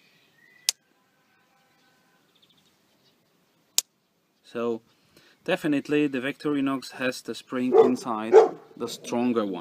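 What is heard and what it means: The blade of a second folding pocket knife, a Swiss Army Victorinox, is snapped open and shut against the back spring in its handle, giving two sharp, loud clicks at 0.7 s and 3.8 s as it seats into position. Someone then talks. This knife's spring is judged to be the stronger one.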